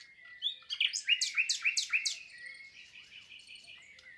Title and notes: LE TÉNOR DES LISIÈRES. 22 avril 2020-Lesches en diois. le chant du Rossignol Philomène (Luscinia megarhynchos)